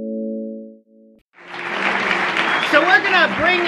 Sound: applause